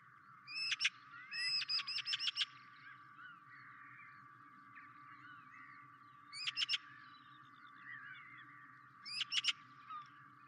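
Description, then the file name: Eurasian magpie chattering: harsh, rattling bursts of rapid clipped notes, a short and a longer burst early, then shorter rattles a few seconds apart, with softer sounds between. "Pica pica"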